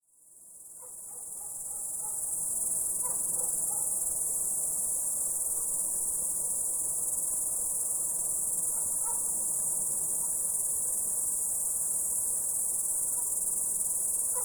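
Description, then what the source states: Cricket trill fades in over the first two seconds, then holds steady and high, with faint scattered short notes in the background. The recordist's own crickets.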